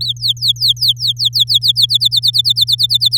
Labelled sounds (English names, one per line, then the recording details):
Domestic Canary song
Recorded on 10 May 2018 at 13:35
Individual llb16